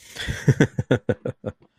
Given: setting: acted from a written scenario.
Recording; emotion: vocal sound without words; amusement